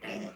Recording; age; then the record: pig call; piglet (1 to 25 days)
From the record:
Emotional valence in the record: negative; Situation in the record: castration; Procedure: castration, cut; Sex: male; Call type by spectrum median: low-frequency call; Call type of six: low-frequency modulated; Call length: 0.35 s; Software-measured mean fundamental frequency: 62 Hz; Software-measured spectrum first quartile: 359 Hz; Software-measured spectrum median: 814 Hz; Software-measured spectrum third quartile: 2455 Hz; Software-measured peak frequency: 201 Hz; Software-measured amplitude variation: 104 dB a second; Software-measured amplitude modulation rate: 21.2 a second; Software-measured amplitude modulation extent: 4.9 dB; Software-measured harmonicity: 1.2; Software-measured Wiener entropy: -1.52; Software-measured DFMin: 778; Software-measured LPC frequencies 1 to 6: 529, 1996, 2705, 5332, 5684, 6772 Hz